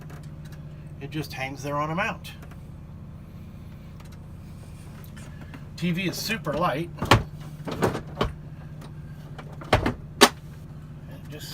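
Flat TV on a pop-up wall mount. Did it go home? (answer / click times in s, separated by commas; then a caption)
yes / 10.2 s. A light flat-screen TV on a pop-up wall mount in an RV is pushed back down. It snaps back into place with a sharp click at 10.2 s, after a few knocks and rattles from about 7 s on. Someone talks over a steady low hum.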